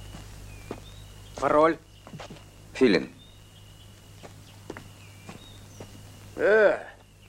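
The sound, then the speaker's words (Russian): Soft, evenly spaced footsteps tap along at a walking pace as a man walks up to a sentry by a tree in the early morning, faint against a low steady hum, with a few short spoken exchanges breaking in between the steps. “Валентик подходит к часовому у дерева.”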